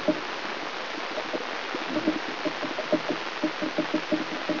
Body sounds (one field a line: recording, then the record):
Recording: brain microelectrode recording played as sound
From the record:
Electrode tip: inside the subthalamic nucleus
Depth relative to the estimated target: -2 mm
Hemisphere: left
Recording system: AlphaMap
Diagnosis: Parkinson's disease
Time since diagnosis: 13 years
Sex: male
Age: 62 years